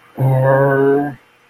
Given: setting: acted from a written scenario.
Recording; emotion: vocal sound without words; anger